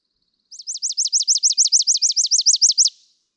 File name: Chipping Sparrow